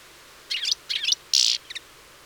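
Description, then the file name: European Goldfinch calls, three short high chirpy bursts followed by a brief double note, with quiet background. "Carduelis carduelis"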